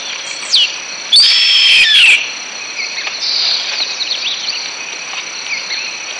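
Bird calls: a loud, harsh, buzzy burst lasting about a second, then softer varied chirps and twitters over a constant high-pitched insect drone.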